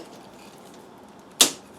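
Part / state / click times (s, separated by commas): copper tubing into plastic stanchion slot / seated / 1.4 s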